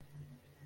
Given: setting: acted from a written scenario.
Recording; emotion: vocal sound without words; positive surprise